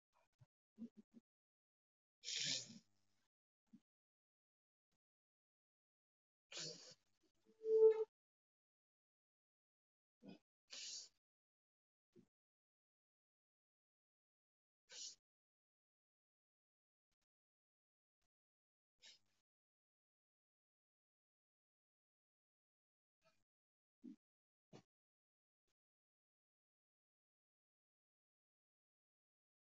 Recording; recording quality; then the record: shallow breathing; moderate, slight background noise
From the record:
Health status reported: COVID-19 positive, mild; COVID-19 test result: positive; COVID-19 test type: RT-PCR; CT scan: not taken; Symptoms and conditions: cold, sore throat, fever, muscle pain, hypertension, diabetes, another condition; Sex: female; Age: 52 years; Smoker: no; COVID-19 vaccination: both doses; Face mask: not worn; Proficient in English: yes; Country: India